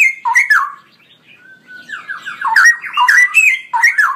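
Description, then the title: Straw-headed bulbul song: a strong burst of liquid warbled notes, a short pause with a thin whistle, then a long bubbling, tumbling phrase of loud rich notes. Male singing persistently with a loud voice and long rolling phrases; masteran recording for training other birds. "GILEEE Cucak ROWO Jantan GACOR Suara Lantang ROoo EL Panjang"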